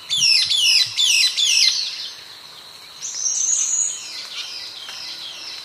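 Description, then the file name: Sultan tit calls: loud bursts of quick, high, down-slurred notes in short series, then a thin, higher sustained whistle, with softer similar notes trailing off amid steady background hiss. Subspecies flavocristata. "Sultan Tit Melanochlora sultanea flavocristata"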